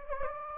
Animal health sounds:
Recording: mosquito wingbeat signal from an infrared sensor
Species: Anopheles gambiae

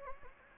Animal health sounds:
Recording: mosquito wingbeat signal from an infrared sensor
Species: Anopheles gambiae

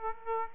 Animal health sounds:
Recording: mosquito wingbeat signal from an infrared sensor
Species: Aedes aegypti

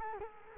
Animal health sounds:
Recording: mosquito wingbeat signal from an infrared sensor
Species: Culex quinquefasciatus

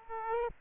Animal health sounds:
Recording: mosquito wingbeat signal from an infrared sensor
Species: Aedes aegypti

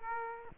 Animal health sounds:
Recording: mosquito wingbeat signal from an infrared sensor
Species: Aedes aegypti

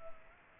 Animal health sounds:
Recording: mosquito wingbeat signal from an infrared sensor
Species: Culex quinquefasciatus

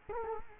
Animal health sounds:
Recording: mosquito wingbeat signal from an infrared sensor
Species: Culex quinquefasciatus

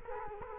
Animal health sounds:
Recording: mosquito wingbeat signal from an infrared sensor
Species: Culex quinquefasciatus

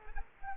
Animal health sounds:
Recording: mosquito wingbeat signal from an infrared sensor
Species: Culex quinquefasciatus

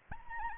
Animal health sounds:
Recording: mosquito wingbeat signal from an infrared sensor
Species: Anopheles arabiensis

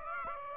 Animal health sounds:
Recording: mosquito wingbeat signal from an infrared sensor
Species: Aedes aegypti

